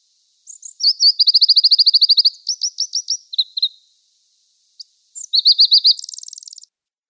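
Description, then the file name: Pallas's leaf warbler singing a rapid, varied song: a long fast rattle of high notes, a slower series, a pause, then a quick burst and a higher trill. "Penochka korolkovaja"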